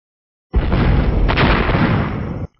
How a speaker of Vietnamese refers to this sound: Sau đó là từng hồi tiếng nổ nặng nề vang lên, nàng không nén nổi tò mò bèn liếc mắt nhìn về nơi đó có những cái vệt sáng đang chớp động đằng kia.